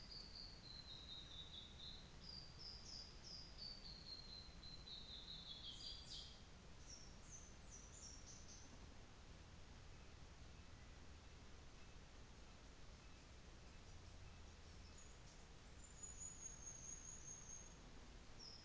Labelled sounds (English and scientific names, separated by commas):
North Island Saddleback (Philesturnus rufusater), New Zealand Fantail (Rhipidura fuliginosa)